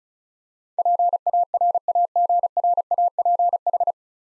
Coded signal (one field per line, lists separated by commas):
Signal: Morse code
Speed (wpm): 36 wpm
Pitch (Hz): 700 Hz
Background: none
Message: PARAGRAPH